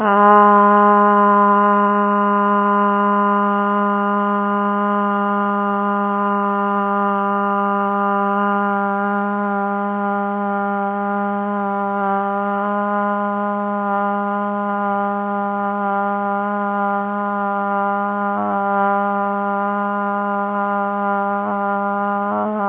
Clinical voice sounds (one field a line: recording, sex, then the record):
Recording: sustained vowel /a/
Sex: female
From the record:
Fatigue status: no fatigue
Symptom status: symptomatic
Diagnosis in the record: COVID-19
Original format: 3gp